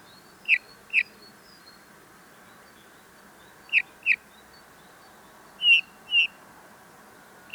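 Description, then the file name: Eurasian bullfinch uttering mellow piping notes, mostly in pairs, a few seconds apart, the third pair longer and fuller. "Pyrrhula pyrrhula"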